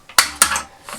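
On the second test firing of a spring-loaded toy cannon clip on a vintage Star Wars Death Star exploding gun launcher playset, repaired with a couple of Lego pieces and a hole drilled in the original mechanism, a lever releases the clip and the plastic cannon springs up. Two sharp, bright clacks ring out at 0.2 s and 0.4 s, followed by softer rattles near 0.9 s and 1.0 s. The latch releases and the mechanism works perfectly.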